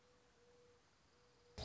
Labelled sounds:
Mourning Dove
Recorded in Sonoma County, California

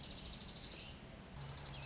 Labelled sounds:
Dark-eyed Junco
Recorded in Sonoma County, California

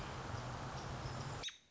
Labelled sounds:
American Robin
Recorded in Sonoma County, California

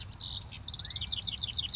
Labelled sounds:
House Wren
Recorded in Sonoma County, California

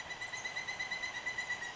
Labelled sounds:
Pileated Woodpecker
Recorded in Sonoma County, California

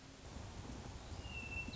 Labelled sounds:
Hermit Thrush
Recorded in Sonoma County, California

